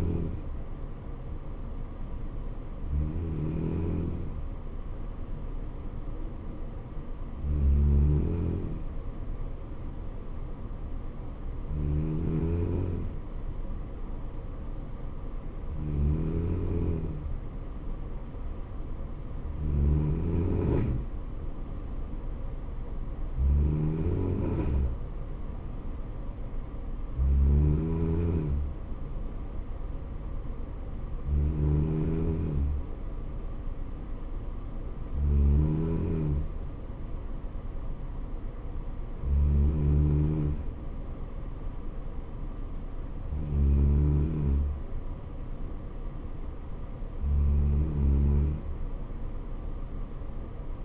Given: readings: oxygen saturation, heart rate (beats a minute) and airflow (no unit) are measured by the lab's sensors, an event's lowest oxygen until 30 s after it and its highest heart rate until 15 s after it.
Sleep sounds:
breathing in sleep by a smartphone at the bedside; none
40.00-50.85 s: new sleep stage, N2 (light sleep)
From the record:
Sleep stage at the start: N3 (deep sleep); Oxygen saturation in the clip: 94 to 95%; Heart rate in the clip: 63 to 72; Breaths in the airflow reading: 12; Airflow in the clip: -3.4 to 2.9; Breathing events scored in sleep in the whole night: 79 in 6.3 hours asleep

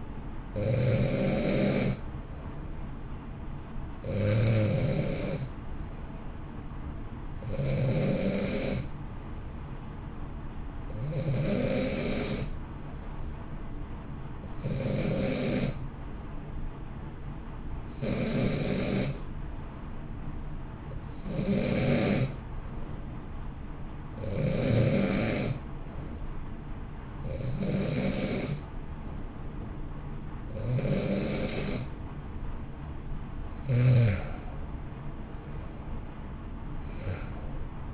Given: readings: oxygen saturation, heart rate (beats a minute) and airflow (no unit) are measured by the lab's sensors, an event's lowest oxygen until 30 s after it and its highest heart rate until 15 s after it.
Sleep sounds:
breathing in sleep by a smartphone at the bedside; 1
16.00-33.80 s: hypopnea (N2, oxygen 90% highest, then 89% lowest, heart rate 62 at the start, 67 highest)
33.00-37.94 s: new sleep stage, N1 (lightest sleep)
From the record:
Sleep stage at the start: N2 (light sleep); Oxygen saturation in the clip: 89 to 90%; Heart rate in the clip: 58 to 67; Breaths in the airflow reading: 11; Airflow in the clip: -1.1 to 2.3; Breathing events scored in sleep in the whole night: 328 in 6.3 hours asleep

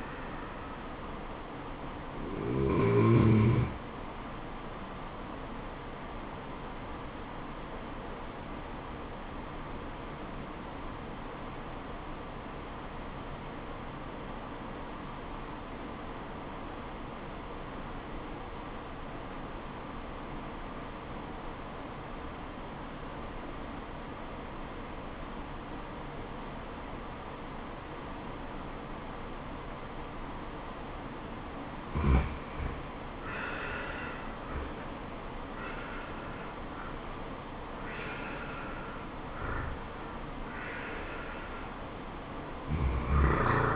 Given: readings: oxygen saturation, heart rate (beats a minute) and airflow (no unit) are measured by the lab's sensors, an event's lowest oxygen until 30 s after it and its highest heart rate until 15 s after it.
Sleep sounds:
breathing in sleep by a voice recorder at the bedside; 1
9.00-32.90 s: obstructive apnea (N2, oxygen 97% highest, then 87% lowest, heart rate 74 at the start, 84 highest)
42.00-43.76 s: new sleep stage, N1 (lightest sleep)
From the record:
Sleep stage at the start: N2 (light sleep); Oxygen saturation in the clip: 88 to 97%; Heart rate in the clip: 68 to 84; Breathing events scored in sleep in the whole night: 426 in 7.4 hours asleep

